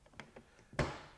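The lid latch of a small plastic RYOBI LINK modular tool box is closed and latched shut. Small plastic clicks at 0.2 s and 0.4 s lead to a sharper, louder snap at 0.8 s, and the lid locks shut.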